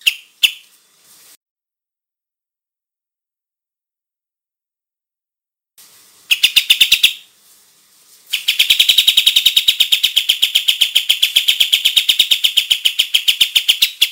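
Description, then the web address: Olive-winged bulbul song: a few isolated chirps, a long silence, then a short burst and a sustained run of quick, high repeated chirps. Described as gacor, singing loudly and continuously. "kapas-tembak suara-burung-kapas-tembak-gacor"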